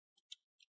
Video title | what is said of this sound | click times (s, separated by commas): How to upgrade Hp X360 14 DY series SSD HDD | like that you might hear some clicks that's fine | 0.3 s, 0.6 s